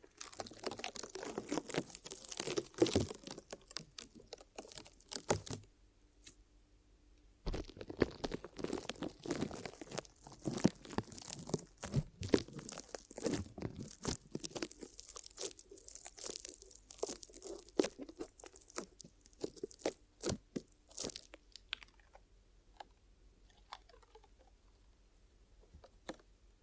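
Dense crinkling and crunching rub against the ear during an ear massage and cleaning, with sharp crackles and scratchy bursts. The sound stops briefly around six seconds, resumes strongly, then thins into sparser clicks and soft rustles after about twenty seconds.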